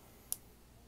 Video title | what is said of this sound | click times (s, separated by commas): HALO MK7 PURPLE AND ORANGE WAVE 3 SPARTAN COLLECTION FIGURE - MADE BY JAZWARES | snap right in same as the other ones | 0.3 s